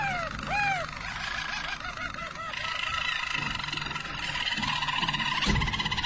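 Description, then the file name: Harz Roller canary song: a few looping whistled notes, then long, steady rolling trills with layered overtones, over a low background hum. Described as a Belgian canary of the Harz Roller type, singing. "canto do canario belga harz roller"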